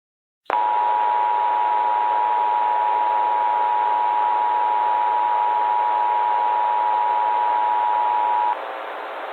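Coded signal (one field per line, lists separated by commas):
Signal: Emergency Alert System (SAME) tones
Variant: 853 and 960 Hz attention tone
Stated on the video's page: Fictional analog-horror EAS scenario whose tones are described as valid EAS tones, made with software tools.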